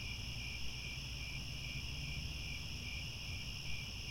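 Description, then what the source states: Cricket chirps in a dense unbroken chorus, high trilling with faint rhythmic pulsing over low background noise. Chorus of crickets chirping at twilight as the sun sets and stars appear.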